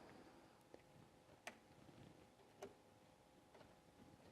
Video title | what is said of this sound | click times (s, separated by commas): Биометр Аладдин. Часть 5. Калибровка прибора при включении. | place the schematic I it has to click securely on the chin rest | 1.5 s